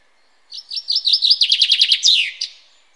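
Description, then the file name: Common chaffinch song, about two seconds of bright, repeated descending notes accelerating into a trill, closing with a sweeping terminal flourish and one last note. "Fringilla coelebs"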